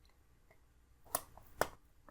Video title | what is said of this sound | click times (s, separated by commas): Troy-Bilt TB110 Carburetor Cleaning (Briggs 550EX Step-by-Step) | and if you heard it snapped in | 1.2 s, 1.6 s